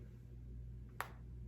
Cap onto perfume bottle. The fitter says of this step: very heavy cap you can pick this one up by the cap it does click